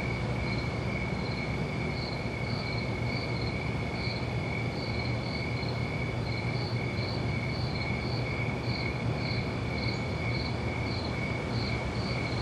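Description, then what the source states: Cricket chirps repeated steadily, each pulse brief and regular, set against continuous background hiss with a faint low droning hum. Crickets recorded at night.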